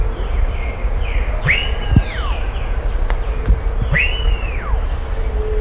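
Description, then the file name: Bird calls: two arched whistles about two and a half seconds apart, each rising, holding, then sliding down, among faint slurred notes and steady background rumble. "SABIOD 50 bird 2015"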